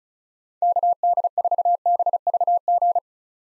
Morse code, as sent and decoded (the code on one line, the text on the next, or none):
-.- -.. ....- -... ...- --.
KD4BVG